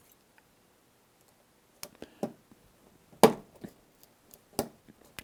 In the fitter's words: Push it down, and you'll notice it makes a nice, satisfying click when that goes in all the way.